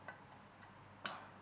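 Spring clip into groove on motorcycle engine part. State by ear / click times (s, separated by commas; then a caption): seated / 1.1 s. During engine assembly on a Honda Bros NT400 motorcycle, a spring clip is pushed onto an engine part, and faint light ticks are heard before a sharp click at 1.1 s as the clip snaps into its groove. The clip is seated, fitted without overextending it so the spring does not break.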